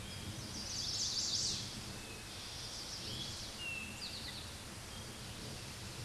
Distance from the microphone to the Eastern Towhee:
about 35 m